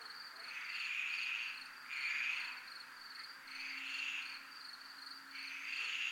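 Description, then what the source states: Crickets chirping in a steady high pulsed trill, with louder buzzy swells rising and fading every second or two over a constant insect chorus. Recorded in a military zone (zona militar).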